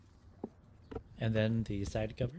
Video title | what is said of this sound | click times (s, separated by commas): Infiniti EX35 / EX37 / QX50 Cabin Air Filter Replacement | To install the base back on, all you have to do is line up the guides and push in until it clicks in. | 0.4 s